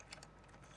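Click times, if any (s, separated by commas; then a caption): none. A lens is being fitted onto a camera's lens mount, with two light taps near 0.1 s and 0.2 s followed by a faint, low rattle of handling. Nothing has seated or clicked into the mount yet.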